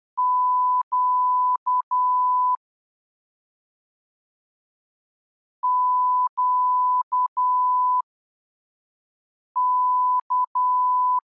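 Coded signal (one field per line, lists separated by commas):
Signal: Morse code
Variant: Russian alphabet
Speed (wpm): 10 wpm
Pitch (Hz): 1000 Hz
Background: none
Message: Щ ЩК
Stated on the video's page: Morse lesson 11 covering the Russian letters Щ Ц Ь Х Ш.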